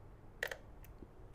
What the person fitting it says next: Push it in until you hear the click. It's done.